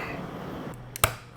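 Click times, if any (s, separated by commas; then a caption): 1.0 s. A resin-printed part of a thermal detonator prop is wiggled into its housing with even pressure, at risk of cracking. After a faint tick at 1.0 s, a sharp snap-like click at 1.0 s marks the part seating firmly in the housing.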